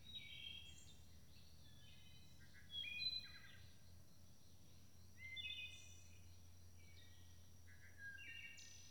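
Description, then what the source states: Wood thrush song, four liquid phrases with rolling trills about every two and a half seconds, a steady high tone in the background. Recorded at dusk in May 2012.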